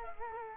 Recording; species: mosquito wingbeat signal from an infrared sensor; Culex quinquefasciatus